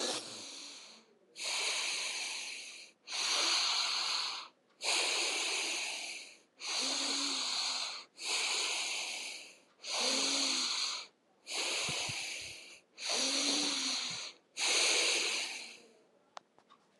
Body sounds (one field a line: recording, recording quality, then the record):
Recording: deep breathing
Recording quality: excellent, no background noise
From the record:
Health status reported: healthy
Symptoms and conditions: none ticked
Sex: female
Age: 26 years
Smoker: not ticked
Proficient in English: yes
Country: India